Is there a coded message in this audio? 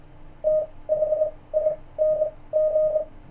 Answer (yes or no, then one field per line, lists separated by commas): yes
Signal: Morse code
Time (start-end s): 0.5-3.0 s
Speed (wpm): 25 wpm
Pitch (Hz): 620 Hz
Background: none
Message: THING